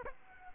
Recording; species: mosquito wingbeat signal from an infrared sensor; Aedes aegypti